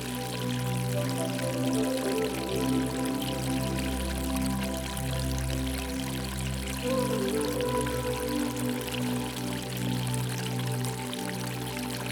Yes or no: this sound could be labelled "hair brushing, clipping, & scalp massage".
no